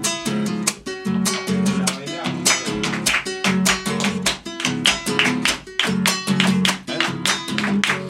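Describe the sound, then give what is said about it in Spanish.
Brisk, steady hand clapping in a flamenco palmas rhythm, sharp claps landing several times a second, with sustained musical tones humming underneath throughout. “Yo hago las palmas con la carpa.”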